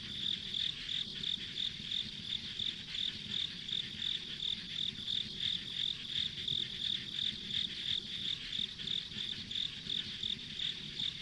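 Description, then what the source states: Insects chirping in a steady high-pitched pulse, about three chirps a second, over a constant shrill hum and a soft low rumble. Ambient insect sounds on a rural country road.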